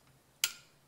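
A nut is turned counterclockwise on a threaded terminal post of a golf cart starter generator to avoid cross-threading. A single sharp, bright click is heard at 0.4 seconds, then it fades over a faint low hum. The click means the threads have dropped into line and the nut is seated, ready to be tightened.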